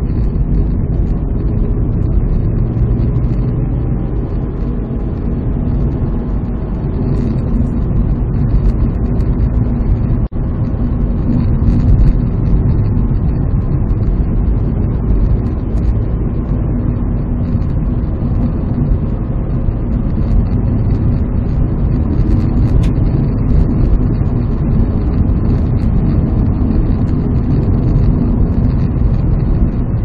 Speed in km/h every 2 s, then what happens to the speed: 61, 68, 72, 74, 78, 76, 74, 77, 78, 79, 81, 83, 83, 82, 80.
0-8 speeds up to 78. 8-13 steady at about 76. 13-22 speeds up to 83. 22-30 steady at about 82.